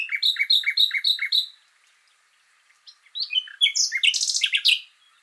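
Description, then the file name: Common nightingale song: a series of repeated whistled notes, a pause, then varied quick notes and a buzzy trill. "Luscinia megarhynchos"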